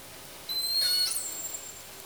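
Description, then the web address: Killer whale call: a brief, high call with stacked harmonics, loudest for under a second and then trailing off, against faint background hiss. Southern Resident killer whale; call type S42 from a call catalogue. "SRKW call-catalog Orca Calls Alwin Audiosamples call S 42"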